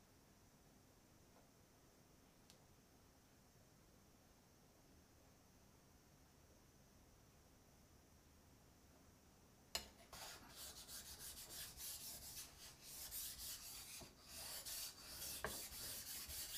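Knife sharpening: about ten seconds of near silence with a faint high whine, then a loud hissing rasp of steel rubbing on stone continues.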